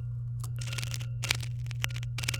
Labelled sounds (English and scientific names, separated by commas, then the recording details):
Domestic Canary (Serinus canaria) song
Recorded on 23 April 2018 at 18:03
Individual llb3